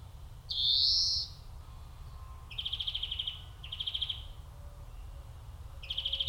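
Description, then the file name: European Greenfinch giving a long buzzy wheeze that rises slightly, followed by three short, rapid trills, over a low steady background rumble. "Chloris chloris"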